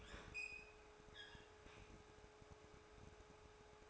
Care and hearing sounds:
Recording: daily activity, microphone in the room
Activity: open fridge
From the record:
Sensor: 2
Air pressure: 1004.4 hPa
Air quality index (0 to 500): 185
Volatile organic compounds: 10 ppm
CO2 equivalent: 2220 ppm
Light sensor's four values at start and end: 4/10/4/4 and 4/10/4/4

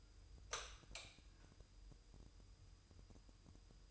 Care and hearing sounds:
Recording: daily activity, microphone in the room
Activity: light on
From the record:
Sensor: 2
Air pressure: 988.3 hPa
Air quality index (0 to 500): 191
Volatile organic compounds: 184 ppm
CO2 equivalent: 4159 ppm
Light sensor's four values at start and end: 6/16/6/7 and 11/34/13/13

